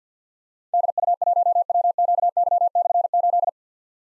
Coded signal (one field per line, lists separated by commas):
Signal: Morse code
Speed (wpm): 51 wpm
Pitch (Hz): 700 Hz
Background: none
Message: DU1WQY/8